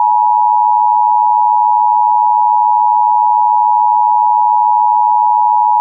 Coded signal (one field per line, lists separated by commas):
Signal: Emergency Alert System (SAME) tones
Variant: 853 and 960 Hz attention tone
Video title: Emergency Alert System (US) - The Scarlet Apocalypse (Part II)